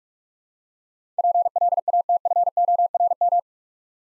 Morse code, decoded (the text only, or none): PLATFORM